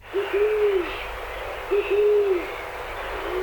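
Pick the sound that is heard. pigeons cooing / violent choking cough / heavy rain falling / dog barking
pigeons cooing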